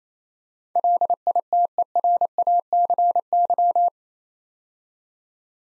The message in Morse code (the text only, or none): LITERACY